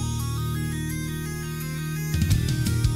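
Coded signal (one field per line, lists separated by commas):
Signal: none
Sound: music notes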